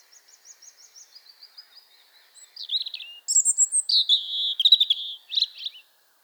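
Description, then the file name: European robin song opening with soft rapid ticking notes, then louder high whistles and a warbled trill. "Erithacus rubecula"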